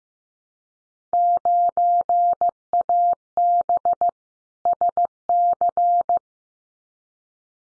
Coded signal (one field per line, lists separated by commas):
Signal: Morse code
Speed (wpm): 15 wpm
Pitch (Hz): 700 Hz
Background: none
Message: 9AB SC